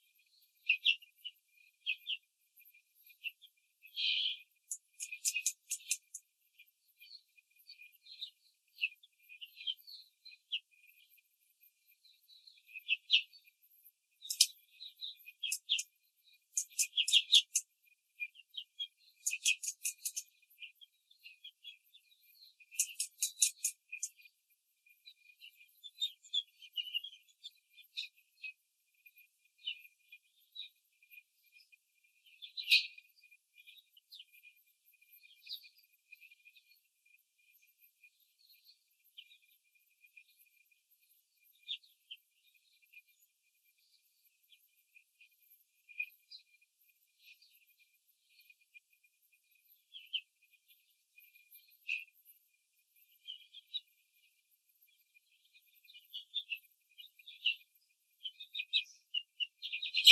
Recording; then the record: young laying hens in a cage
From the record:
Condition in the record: control cage, before the stress test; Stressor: none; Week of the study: 4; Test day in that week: 3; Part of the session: 1